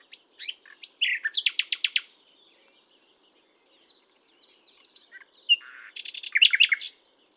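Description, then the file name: Common nightingale song with pulsing rapid trills, a softer rattling passage and a final loud burst of stacked notes. "Luscinia megarhynchos"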